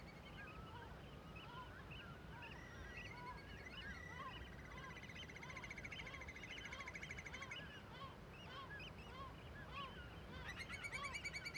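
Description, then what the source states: Gulls calling in a dense colony chorus, many overlapping arched, yelping notes with a buzzy rattling series in the middle and sharp rapid notes near the end. Cliff colony in a huge cirque above Viðarlundin forest, Kunoy, Faroe Islands; gulls and other birds alarmed by the recordist; quadraphonic recording with MixPre-6 II and DPA microphones.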